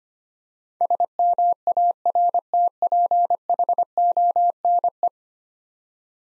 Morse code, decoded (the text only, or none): SMARTPHONE